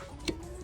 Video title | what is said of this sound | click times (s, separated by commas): 2025 Toyota Camry: Wiper Blade Replacement | it'll slide and snap right into place. | 0.3 s